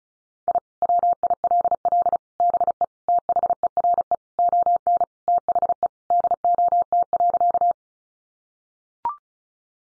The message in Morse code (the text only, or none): I WILL BE THERE ON THE DOT.